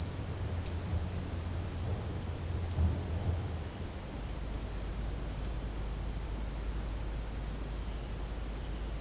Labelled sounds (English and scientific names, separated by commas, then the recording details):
none
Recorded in dense forest near Puerto Asís, Putumayo, Colombia, on 22 December 2024 at 16:30
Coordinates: 0.481, -76.323
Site G100